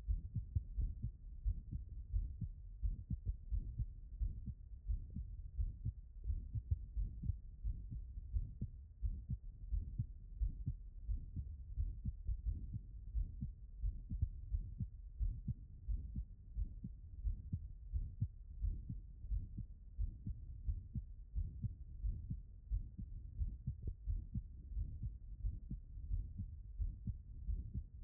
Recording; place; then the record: heart sounds by stethoscope; aortic valve (AV)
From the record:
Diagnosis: non-HFrEF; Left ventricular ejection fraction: 71%